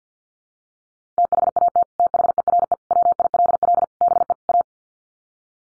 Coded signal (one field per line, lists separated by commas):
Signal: Morse code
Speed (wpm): 50 wpm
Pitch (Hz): 700 Hz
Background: none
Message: THAT THERE WILL BE A